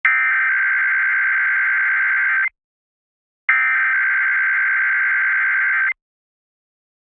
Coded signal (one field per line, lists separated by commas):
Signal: Emergency Alert System (SAME) tones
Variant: header bursts